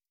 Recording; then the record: hydrophone in a shrimp aquaculture tank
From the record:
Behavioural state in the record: stressed